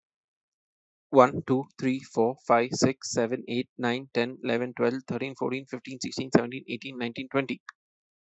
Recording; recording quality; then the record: counting at a fast pace; excellent, no background noise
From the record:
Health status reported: healthy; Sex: male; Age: 29 years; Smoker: yes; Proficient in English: yes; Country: India